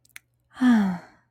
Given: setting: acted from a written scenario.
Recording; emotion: vocal sound without words; contentment